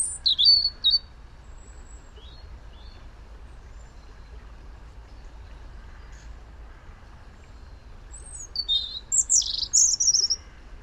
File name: Erithacus rubecula